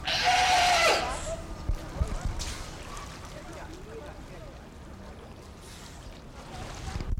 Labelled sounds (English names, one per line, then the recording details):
California Sea Lion
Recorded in captivity
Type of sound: call, cry
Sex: female
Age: adult
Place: Zoo Berlin, Berlin, DE
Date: 1992-12-05 12:15
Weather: schwach sonnig, ca. 4°C
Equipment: Marantz CP 430, Sennheiser ME 80, Kopie Uher Variocord 263
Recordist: Tembrock, Günter
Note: Langlaut von Weibchen